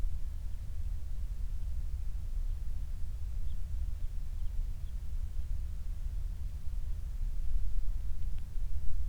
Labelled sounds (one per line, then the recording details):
near silence
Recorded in the Prudhoe Bay oil fields, Alaska, on 28 July 2019 at 06:00
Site 25